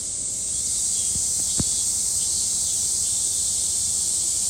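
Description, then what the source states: Cicadas droning in a steady, unbroken high buzz, many insects blending into one continuous hiss, with a few faint clicks. Many cicadas heard in summer in a morning recording made at 4:43 a.m.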